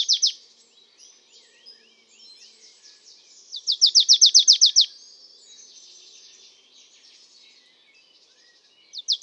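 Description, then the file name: Marsh tit with a rapid run of high, sharp, downslurred notes near the middle, brief fragments at the start and end, and faint twittering in the gaps. "Poecile palustris"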